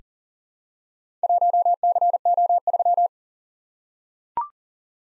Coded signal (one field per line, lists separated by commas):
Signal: Morse code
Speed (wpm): 40 wpm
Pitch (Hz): 700 Hz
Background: none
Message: 1CO3